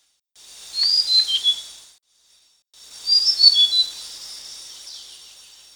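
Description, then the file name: Flycatcher calls, two short phrases of high thin whistled notes, falling slightly, separated by a pause, over a soft hiss. Flycatcher from Kalimantan. "sikatan kalimanan"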